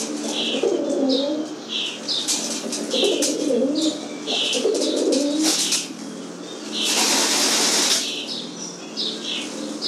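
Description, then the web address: Pigeon giving repeated low, rolling coos in bursts of about a second, with high short chirps from other birds throughout and a brief loud rush of noise near the end. "голуби"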